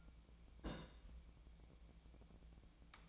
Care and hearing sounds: daily activity, microphone in the room; place on stove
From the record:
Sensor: 1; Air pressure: 1000.0 hPa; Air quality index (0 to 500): 134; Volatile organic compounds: 2 ppm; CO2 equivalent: 1265 ppm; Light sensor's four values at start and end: 40/102/43/53 and 40/102/43/53

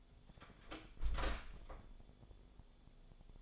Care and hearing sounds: daily activity, microphone in the room; close door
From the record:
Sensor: 5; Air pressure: 1015.4 hPa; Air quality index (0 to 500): 210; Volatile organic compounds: 11 ppm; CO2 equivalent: 2281 ppm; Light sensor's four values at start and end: 35/80/32/31 and 35/80/32/31

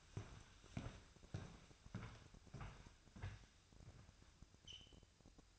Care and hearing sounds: daily activity, microphone in the room; walk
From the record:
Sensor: 2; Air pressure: 1001.6 hPa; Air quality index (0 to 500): 230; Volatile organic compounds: 27 ppm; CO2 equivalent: 2886 ppm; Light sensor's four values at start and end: 9/30/11/11 and 9/30/11/11

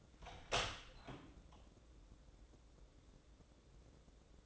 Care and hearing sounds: daily activity, microphone in the room; open door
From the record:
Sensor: 3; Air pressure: 1012.3 hPa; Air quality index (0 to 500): 182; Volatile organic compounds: 3 ppm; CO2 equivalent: 1390 ppm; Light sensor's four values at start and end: 525/1304/538/549 and 525/1305/538/549

